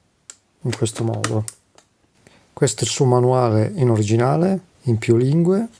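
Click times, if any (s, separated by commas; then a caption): 0.3 s. A charger plug from its power supply is pushed into the socket on the side of an Olivetti Divisumma 18 calculator, made in 1973, with one sharp click at 0.3 s as it seats. Someone talks through the rest of the clip, with a couple of faint knocks near 1.8 s and 2.3 s.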